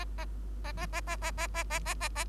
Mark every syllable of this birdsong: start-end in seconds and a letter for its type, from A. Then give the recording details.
0.64-0.72 A, 0.77-0.86 A, 0.93-1.01 A, 1.07-1.16 A, 1.22-1.31 A, 1.37-1.47 A, 1.54-1.64 A, 1.70-1.80 A, 1.85-1.95 A, 2.00-2.09 A, 2.15-2.25 A. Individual Bird3